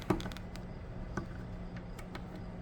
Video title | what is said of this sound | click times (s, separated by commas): McFarlane Elite Edition #2 Lilith Diablo IV | I was hoping to hear that click in at the bottom, | none